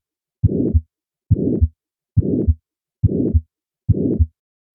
Systolic ejection murmurs produced by high cardiac output states are functional murmurs, but they are not categorized as innocent because of their associated abnormal physiologic states. These murmurs always end well before the second heart sound, and they are best interpreted by considering the patient's overall clinical condition. Listen to a functional systolic murmur at the second right intercostal space.